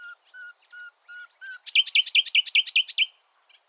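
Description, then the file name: Common nightingale song opening with several soft, pure whistled notes, then breaking into a loud, rapid series of repeated harsh notes. "Luscinia megarhynchos"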